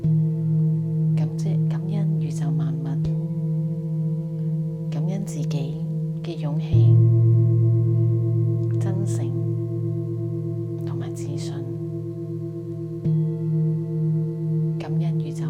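A singing bowl hums steadily throughout, its low tone and ringing overtones held with a faint pulsing waver. Around seven seconds a deeper tone swells in and sustains until about thirteen seconds. Short bursts of speech come and go over the drone.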